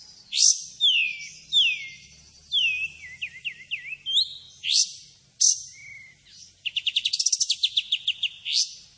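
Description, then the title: Pied Triller singing a string of falling whistles and quick looping notes, then sharp upslurs and a rapid rattling trill near the end. Lively singing bird with long 'tembakan' and 'besetan' song phrases; clear recording used as tutor audio for training white-rumped shamas. "KAPAS TEMBAK GACOR TEMBAKAN DAN BESETAN PANJANG"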